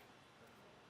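A Kuat Transfer V2 hitch-mounted bike rack with a metal frame, on a 2024 Kia Sorento, is pushed from its tilted position back up toward its upright, seated carrying position after being tilted down for access to the rear. Only steady broadband noise is heard, with no distinct impacts. The tilt latch has not clicked into place yet, and nothing has seated.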